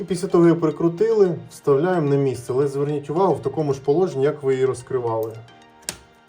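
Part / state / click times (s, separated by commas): plastic fitting of a fabric roller blind into its window-frame mount / seated / 5.9 s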